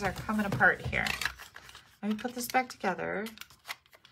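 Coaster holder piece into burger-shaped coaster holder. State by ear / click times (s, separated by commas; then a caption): seated / 3.7 s. A piece of a novelty burger-shaped coaster holder, which had come apart, is pressed back into place while someone talks. Rustling and handling sounds follow, and a sharp snap at 3.7 s marks the piece seating back into the holder.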